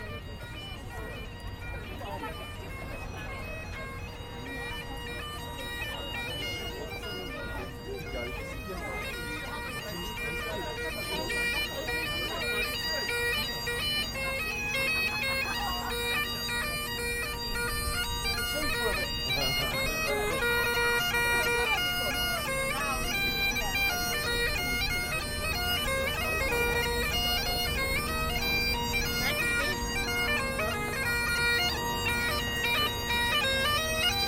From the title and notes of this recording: A Walk Across Westminster Bridge, London with Binaural audio.